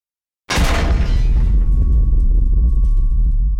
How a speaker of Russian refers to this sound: Еще взрыв уже в правый бок. «Бля, да сколько у них гранатометов-то?»